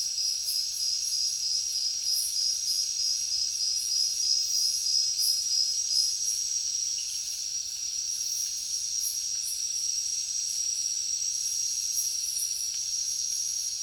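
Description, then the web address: Cricket chorus: a continuous high buzzy trill, pulsed at first and smoothing out midway, with intermittent higher chirping bursts throughout. Heavy cricket chorus in a jungle at night. "papadroid sound Nature Jungle Night Heavy Crickets"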